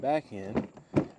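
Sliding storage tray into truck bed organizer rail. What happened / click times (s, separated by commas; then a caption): The tray is handled but not yet latched home / none. A storage tray is slid back into a truck bed organizer rail while someone talks, with short bursts of handling noise around 0.6 and 1.0 seconds. Nothing has seated or clicked yet.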